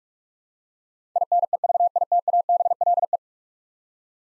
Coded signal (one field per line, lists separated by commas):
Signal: Morse code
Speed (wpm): 44 wpm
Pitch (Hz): 700 Hz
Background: none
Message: INEVITABLE